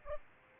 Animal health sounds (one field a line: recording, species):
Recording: mosquito wingbeat signal from an infrared sensor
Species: Aedes aegypti